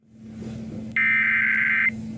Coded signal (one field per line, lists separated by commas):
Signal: Emergency Alert System (SAME) tones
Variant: header bursts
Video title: June 9, 2018 EAS weather alerts (EAS #683-695)